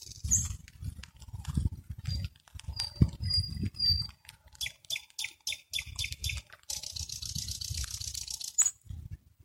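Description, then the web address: Nightingale song: thin pure whistles, then a series of rapid clicking notes and a hissing rattle, over steady low rumbling noise. "spiew slowika slowik wiejski"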